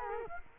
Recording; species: mosquito wingbeat signal from an infrared sensor; Culex quinquefasciatus